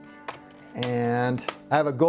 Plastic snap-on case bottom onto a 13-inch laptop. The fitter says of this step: So you can snap the front of it in.